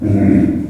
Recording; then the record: squeal of a Yucatan mini pig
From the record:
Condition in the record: after surgery on the right vocal fold (resection and tissue-engineered implant); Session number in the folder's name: 4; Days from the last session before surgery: 26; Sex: female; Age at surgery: 19 weeks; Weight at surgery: 25 kg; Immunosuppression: prednisolone